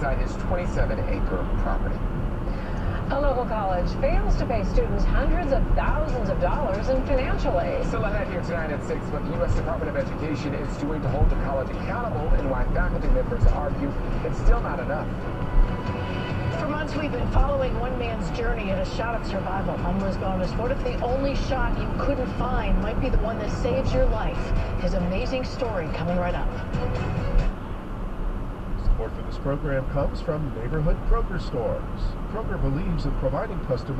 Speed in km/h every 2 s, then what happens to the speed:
63, 64, 64, 63, 60, 61, 60, 60, 63, 63, 63, 63, 63, 64, 64, 61, 61.
0-34 steady at about 63.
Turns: none.